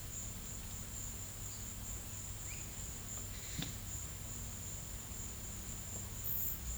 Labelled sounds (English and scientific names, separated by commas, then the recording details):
none
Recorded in pastures near Puerto Asís, Putumayo, Colombia, on 20 December 2024 at 14:30
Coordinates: 0.472, -76.329
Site G072